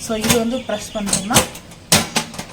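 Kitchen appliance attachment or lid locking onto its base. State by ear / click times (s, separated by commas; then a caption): seated / 1.9 s. Someone talks while pressing the second locking point of a kitchen appliance attachment or lid onto its base, after lining it up with the marked point and locking one side. A sharp click sounds at 1.9 s, and the part is locked into place and will not move.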